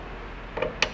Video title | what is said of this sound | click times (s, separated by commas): #63 F4 Customs Windshield Upgrade | That one is locked. | 0.8 s